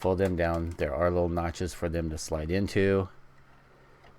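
Someone talks while handling plastic flap panels on a 1/20 scale RX-78 GP04 Gundam model kit bust, folding them down toward small notches they slide into. The speech ends near 3.1 seconds, leaving a faint low hum. Nothing has seated or clicked yet.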